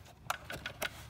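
The small computer unit for an LG DXD 17x17 wired DR system is slid into its rear mount bracket on the back of the monitor display. A sharp click at 0.3 s is followed by softer knocks around 0.5, 0.7 and 0.9 s, and the unit latches into its mount.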